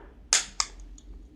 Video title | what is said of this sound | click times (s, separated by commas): How to Build a 1W MeshCore Repeater - 3D Printed Enclosure - Meshtastic | and it's a click into place here. Okay, | 0.3 s